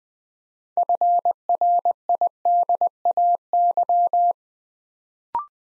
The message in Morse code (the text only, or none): FRIDAY